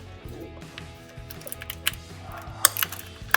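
While installing a Barricade HD off-road rear bumper on a 2020-2023 Silverado 2500, the license plate light wiring harness connector is pushed into the vehicle harness and its red locking tab is pressed forward. Over a steady low hum with faint small ticks, a sharp click sounds at 2.7 s and another at 3.3 s. The connector fits into place and the lock tab is engaged.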